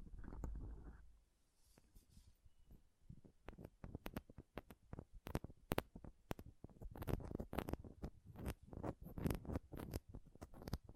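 Close-up mic scratching and touching: a low thump at the start, a brief lull, then dense, irregular crackling scrapes that build and continue.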